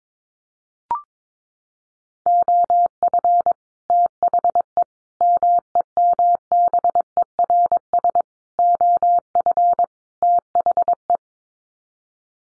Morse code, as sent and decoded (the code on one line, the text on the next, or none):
--- ..-. / - .... . / -- . -- -... . .-. ... / --- ..-. / - .... .
OF THE MEMBERS OF THE